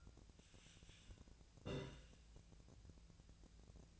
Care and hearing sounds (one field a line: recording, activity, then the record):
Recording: daily activity, microphone in the room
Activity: take from stove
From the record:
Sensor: 2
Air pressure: 1009.8 hPa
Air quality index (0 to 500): 182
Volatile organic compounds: 11 ppm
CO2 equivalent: 2270 ppm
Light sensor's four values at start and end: 30/73/31/35 and 30/73/32/35